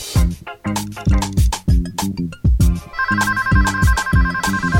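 A telephone rings in the booth of the radio show Efervescencia Musical with a loud melodic ringtone, its bright electronic notes repeating in a quick rhythmic pattern over low tones for about five seconds, with no one speaking.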